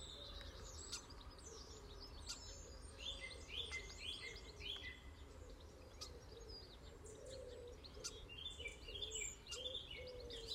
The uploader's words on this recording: Instead of the news, the dawn chorus. I’ve been waking up before sunrise. The sound of birds outside my window.